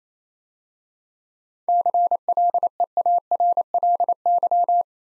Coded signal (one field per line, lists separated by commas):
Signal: Morse code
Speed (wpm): 27 wpm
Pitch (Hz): 700 Hz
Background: none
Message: CLEARLY